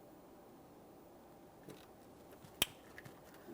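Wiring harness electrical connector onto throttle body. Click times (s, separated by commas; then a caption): 2.6 s. A wiring harness electrical connector on a 2008-2017 Mitsubishi Lancer is pressed onto the throttle body sensor with its locking tab facing the front of the vehicle. A single sharp click at 2.6 s shows the connector seating, followed by a few faint small sounds. The connector is confirmed seated, and it is tugged to check that it holds.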